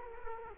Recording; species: mosquito wingbeat signal from an infrared sensor; Culex quinquefasciatus